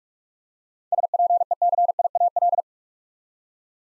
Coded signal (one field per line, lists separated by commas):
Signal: Morse code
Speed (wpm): 42 wpm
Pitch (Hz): 700 Hz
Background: none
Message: SPECIAL